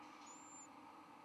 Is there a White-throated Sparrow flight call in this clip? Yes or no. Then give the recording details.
no. No flight call is heard. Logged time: 11:32 on 13 November 2014